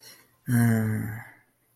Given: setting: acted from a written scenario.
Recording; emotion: vocal sound without words; embarrassment